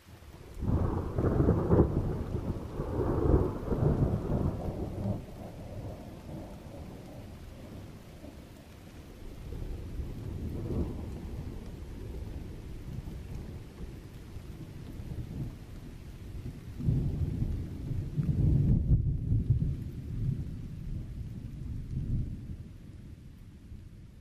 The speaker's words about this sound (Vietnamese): Cơn mưa rả rích từ sáng ngày hôm qua cho tới tận lúc tối mịt.